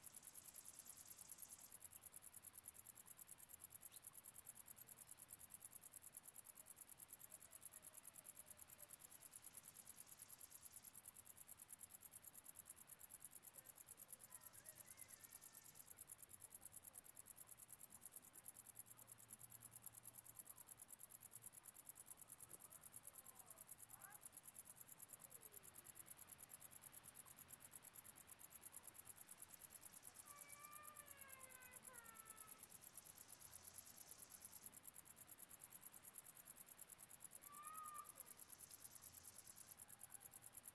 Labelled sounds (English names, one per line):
Wartbiter stridulation